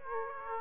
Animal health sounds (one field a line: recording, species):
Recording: mosquito wingbeat signal from an infrared sensor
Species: Aedes aegypti